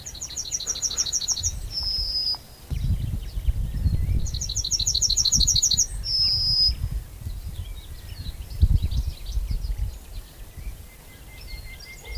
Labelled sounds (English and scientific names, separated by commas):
Yellowhammer (Emberiza citrinella) song